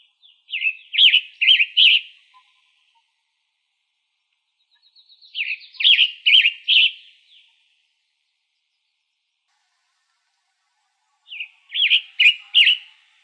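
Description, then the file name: Western tanager song in three short bursts of husky, robin-like slurred notes, each burst of about four notes, separated by several seconds of quiet. Arizona, 1 May 2005. "WETA 1 deviche"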